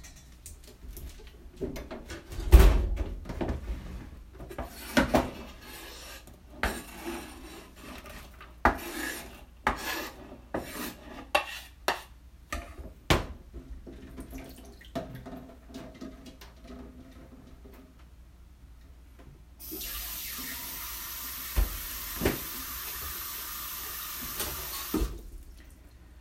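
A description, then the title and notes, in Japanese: Kitchen sounds with water: scattered clicks, knocks and scraping come at an irregular pace through the first twenty seconds, some sharp. From about twenty seconds a tap runs with a steady, bright hiss until the end, with a few clinks over it. キッチンの音。水の音が心地よい！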